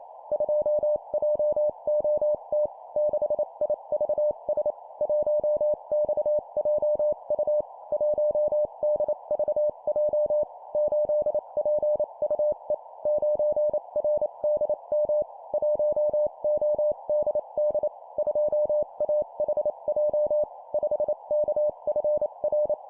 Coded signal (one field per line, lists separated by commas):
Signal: Morse code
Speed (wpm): 28 wpm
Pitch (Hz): 600 Hz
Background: none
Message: 2JOT 6IVS 1XJU 1DVJ 8PUE 9RDM 1ODD 2AHJ 5KFR